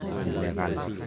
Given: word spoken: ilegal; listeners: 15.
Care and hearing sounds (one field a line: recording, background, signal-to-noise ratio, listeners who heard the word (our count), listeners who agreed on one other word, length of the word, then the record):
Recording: one Spanish word in noise, from a listening test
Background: eight-talker babble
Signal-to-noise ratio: -0.5 dB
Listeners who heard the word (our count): 2 of 15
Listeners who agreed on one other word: 6 of 15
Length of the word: 0.67 s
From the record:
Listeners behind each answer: 6, 3, 2, 2, 1, 1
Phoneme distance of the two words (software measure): 7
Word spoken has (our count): 3 syllables, 6 phonemes, stress on syllable 3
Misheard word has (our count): 2 syllables, 5 phonemes, stress on syllable 2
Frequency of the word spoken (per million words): 21.21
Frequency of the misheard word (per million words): 52.62